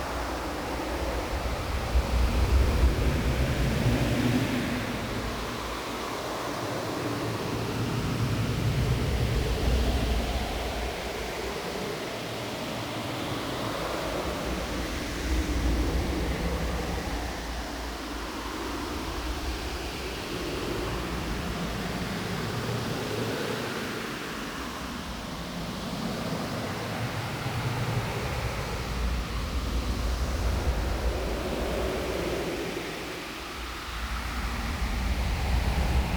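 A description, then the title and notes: Strong wind blows without pause, a dense rushing roar that fills the lows and mids and hisses into the highs. Gusts swell and ease every few seconds, with a brief lull near the thirty-three second mark. Deep buffeting rumbles pulse underneath throughout. An Extra Windy Day.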